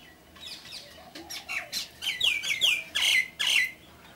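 Myna calls: a run of harsh squawks and whistled, downward-slurred notes repeated quickly.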